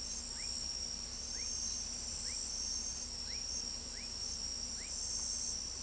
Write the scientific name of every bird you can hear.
none